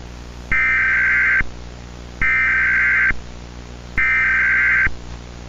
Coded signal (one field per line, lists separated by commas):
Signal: Emergency Alert System (SAME) tones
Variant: header bursts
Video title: EAS Scenario: Black Stick Men (Analog Horror)